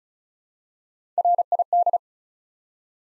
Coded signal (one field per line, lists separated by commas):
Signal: Morse code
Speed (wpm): 36 wpm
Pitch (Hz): 700 Hz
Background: none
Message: R I D